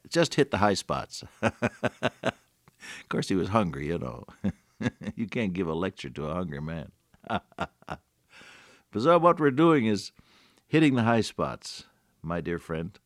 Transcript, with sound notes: Just hit the high spots.” (Hearty laugh) ‘Course he was hungry, you know. (laughing) you can’t give a lecture to a hungry man. What we’re doing is hitting the high spots, my friend,